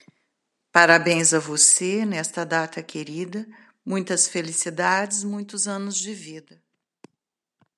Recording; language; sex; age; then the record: short text; Brazilian Portuguese; female; 60 to 69 years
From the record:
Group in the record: control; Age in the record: 60 years